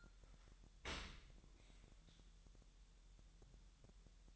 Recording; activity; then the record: daily activity, microphone in the room; open dishwasher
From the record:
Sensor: 3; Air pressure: 1000.6 hPa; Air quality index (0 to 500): 248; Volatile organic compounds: 174 ppm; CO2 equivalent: 4120 ppm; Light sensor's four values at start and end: 11/25/10/10 and 11/25/10/10